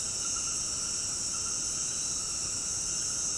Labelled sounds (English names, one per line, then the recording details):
none
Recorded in dense forest near Puerto Asís, Putumayo, Colombia, on 21 February 2024 at 19:00
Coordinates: 0.486, -76.316
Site G6437